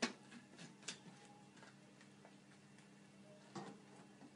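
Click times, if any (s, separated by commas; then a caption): 0.0 s, 0.9 s. A Breville Blend Active (VBL062) blade attachment is screwed onto the blender bottle, giving sharp clicks at 0.0 and 0.9 seconds as it seats into place, followed by faint ticking and a softer knock near 3.6 seconds. The attachment clicks into place and is seated.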